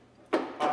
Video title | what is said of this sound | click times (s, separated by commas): Great Planes Escapade 40 ARF unboxing and build video rc airplane | and you don't have to have your servos in the bottom and that just slides right back in pops | 0.3 s